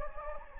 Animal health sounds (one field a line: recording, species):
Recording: mosquito wingbeat signal from an infrared sensor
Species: Anopheles gambiae